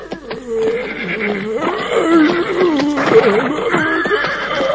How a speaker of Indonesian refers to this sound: Oh, ternyata seekor keledai, adik-adik. Dia berjalan dengan tergopoh-gopoh menghampiri gua, di mana singa tua itu sedang terbaring.